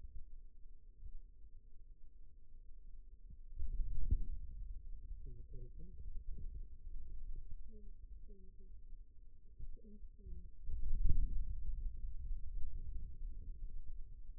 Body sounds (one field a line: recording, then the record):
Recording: forearm muscle sounds (acoustic myography)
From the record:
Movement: hand closing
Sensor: system 2, bracelet of six BSWA MPA416 microphones around the upper forearm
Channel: 3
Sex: male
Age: 22 years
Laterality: right